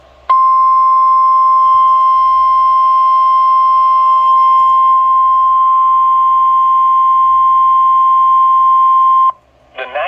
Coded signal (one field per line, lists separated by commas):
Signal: Emergency Alert System (SAME) tones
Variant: 1050 Hz attention tone